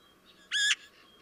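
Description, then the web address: Eurasian magpie giving a single brief, harsh, rasping chack note against quiet background. "chant xeno-canto pie bavarde"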